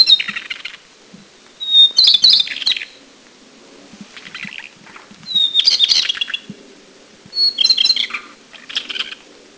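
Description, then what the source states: Taiwan shortwing song, several phrases opening with a thin high whistle then a jumbled burst of rapid twittering notes, separated by pauses. Recorded at Anmashan, Taiwan, in April 2010.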